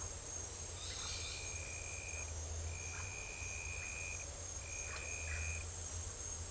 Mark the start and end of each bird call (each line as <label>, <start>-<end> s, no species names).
bird call, 0.81-1.49 s
bird call, 2.92-3.03 s
bird call, 4.87-5.42 s